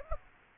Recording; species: mosquito wingbeat signal from an infrared sensor; Aedes aegypti